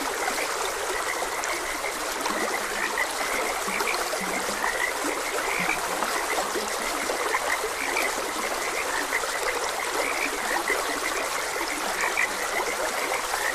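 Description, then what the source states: Continuous frog croaking from many individuals, short notes pulsing throughout, with lower croaks now and then beneath a steady stream sound. Frogs croaking beside a gentle stream.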